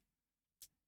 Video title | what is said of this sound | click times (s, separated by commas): Hiroshima Diary: Relaxin' at Home - My Video Gear | And that has a back door that locks in place here. It has pretty tight fit. | 0.6 s